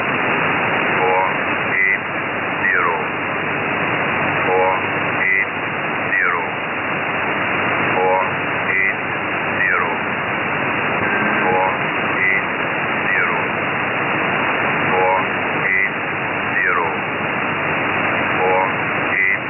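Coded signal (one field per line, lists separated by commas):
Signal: numbers station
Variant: E06, English male voice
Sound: faint short spoken words at even intervals buried in loud shortwave hiss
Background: radio static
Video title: E06 English Man 06/05/2023 1330 UTC 11128kHz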